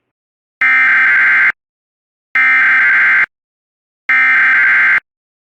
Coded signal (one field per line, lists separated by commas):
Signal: Emergency Alert System (SAME) tones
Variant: header bursts